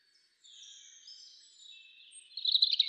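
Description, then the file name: European robin with a brief high, wavering warble that ends in a louder, quick twittering flourish. "Erithacus rubecula"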